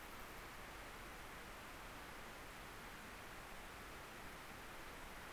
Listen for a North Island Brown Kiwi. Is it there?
no